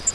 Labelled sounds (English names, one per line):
Grace's Warbler flight call